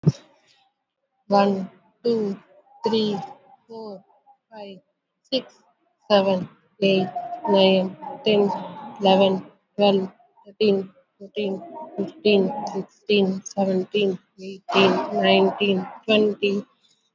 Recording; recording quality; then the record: counting at a normal pace; excellent, no background noise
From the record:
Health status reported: COVID-19 positive, no symptoms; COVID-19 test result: positive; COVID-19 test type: RT-PCR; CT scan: not taken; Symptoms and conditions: cold, sore throat, fatigue, loss of smell and taste, diarrhoea, another condition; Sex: female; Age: 37 years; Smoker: no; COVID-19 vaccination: one dose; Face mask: worn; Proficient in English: yes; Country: India